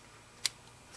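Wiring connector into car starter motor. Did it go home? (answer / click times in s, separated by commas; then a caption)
yes / 0.5 s. On the bottom side of the starter motor of a 2002 Toyota Avalon 3.0 V6, the plastic electrical wiring connector is pushed in until it seats. One sharp, bright click sounds at 0.5 s against a quiet, low background hum. The click confirms the connector has snapped into place.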